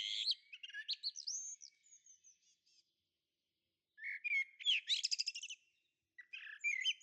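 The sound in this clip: Bird song in quick varied phrases of high chirps, slurred whistles and buzzy trills, falling silent for about a second before two more bursts; no other sounds.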